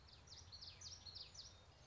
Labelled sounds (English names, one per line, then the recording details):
Common Yellowthroat
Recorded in Sonoma County, California